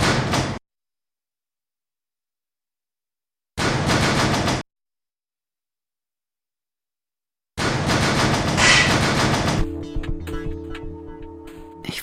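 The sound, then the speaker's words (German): A subway train bound for Alexanderplatz leaves the station: short bursts of loud rushing clatter separated by silent gaps, then a steady electric motor whine with layered humming tones as it pulls away. “Reisen in Richtung Alexanderplatz, fahren mit dem eingefahrenen Zug. Nach Alexanderplatz einsteigen. Zurückbleiben.”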